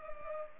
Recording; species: mosquito wingbeat signal from an infrared sensor; Culex pipiens